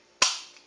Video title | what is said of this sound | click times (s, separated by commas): 2014 WRX Rain Guards INSTALL and REVIEW! | you should get a good snap when it gets in right | 0.2 s